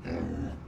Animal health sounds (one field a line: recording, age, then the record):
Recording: pig call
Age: growing-finishing pig (85 days or more)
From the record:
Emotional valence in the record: negative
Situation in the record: barren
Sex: female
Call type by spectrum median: low-frequency call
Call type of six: low-frequency stable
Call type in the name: low-frequency stable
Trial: 1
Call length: 0.68 s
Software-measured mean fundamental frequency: 66 Hz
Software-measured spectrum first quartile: 143 Hz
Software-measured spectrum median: 267 Hz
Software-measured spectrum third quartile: 529 Hz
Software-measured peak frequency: 253 Hz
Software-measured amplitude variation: 152 dB a second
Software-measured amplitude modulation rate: 32.3 a second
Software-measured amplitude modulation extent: 4.7 dB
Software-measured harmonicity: -1.7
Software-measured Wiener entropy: -0.24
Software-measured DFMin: 784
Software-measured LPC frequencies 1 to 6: 1584, 2510, 3979, 4903, 6438, 7364 Hz